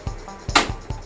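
A plastic pin-type lock at the center of a Blue Star split AC's louver/flap assembly is placed in and pressed home. Several soft knocks and handling thuds are followed by a sharp click at 0.6 s, and the lock is seated.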